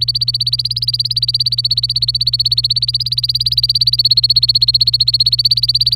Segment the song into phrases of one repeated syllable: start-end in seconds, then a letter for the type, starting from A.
0.00-5.95 A